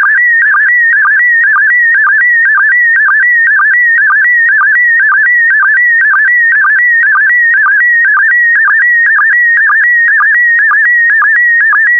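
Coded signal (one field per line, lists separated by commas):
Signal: SSTV (slow-scan television)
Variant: PD120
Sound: warbling tone near 2 kHz with a short low blip repeating about twice a second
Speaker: get ready starting transmission in 5 4 3 2 1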